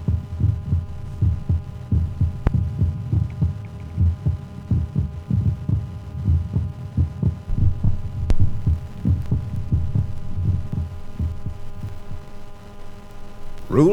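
Steady, regular low thumping heartbeats over a faint steady hum: ordinary adult heart sounds, the beats to count for heart rate in beats per minute.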